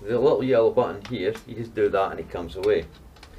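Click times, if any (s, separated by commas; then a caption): none. Someone talks while handling the cone-shaped plastic dust extraction attachment of a Dewalt D25301D SDS dust system, pressing the little yellow release button so it comes away from the SDS rotary hammer drill before sliding it back on. A couple of faint short ticks come at about 3.2 s as the talk fades. The attachment has not clicked into place or seated on the drill yet.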